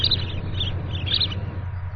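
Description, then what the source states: Aleutian tern calls, a few short high chirping bursts, over a steady low rumble. Recording played back, recorded June 20, 2000.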